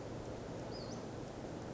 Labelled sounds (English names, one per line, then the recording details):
Western Flycatcher
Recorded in Sonoma County, California